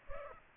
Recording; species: mosquito wingbeat signal from an infrared sensor; Culex pipiens